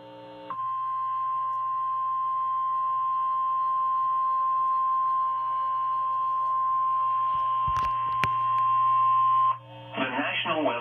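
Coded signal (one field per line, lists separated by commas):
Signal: Emergency Alert System (SAME) tones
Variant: 1050 Hz attention tone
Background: speech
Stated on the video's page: Particularly dangerous situation tornado warning from a weather radio station; the receiving radio is unknown.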